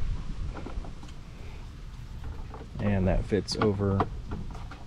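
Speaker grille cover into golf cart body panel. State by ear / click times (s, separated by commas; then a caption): not seated / none. A plastic speaker grille cover is handled and fitted over a newly installed component speaker on the trim panel of a Bintelli Beyond 4PR golf cart. Someone talks while light handling taps and scrapes are heard. Nothing has seated or clicked into the panel yet.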